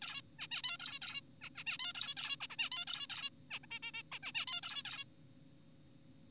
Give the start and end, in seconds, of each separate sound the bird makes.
0.02-0.22, 0.39-0.47, 0.52-0.62, 0.64-0.77, 0.80-0.99, 1.02-1.21, 1.42-1.50, 1.56-1.64, 1.67-1.78, 1.80-1.93, 1.95-2.14, 2.17-2.36, 2.41-2.47, 2.50-2.56, 2.59-2.70, 2.72-2.85, 2.88-3.07, 3.10-3.30, 3.51-3.59, 3.64-3.66, 3.71-3.79, 3.83-3.92, 3.94-4.03, 4.12-4.19, 4.23-4.32, 4.35-4.46, 4.48-4.61, 4.63-4.83, 4.85-5.04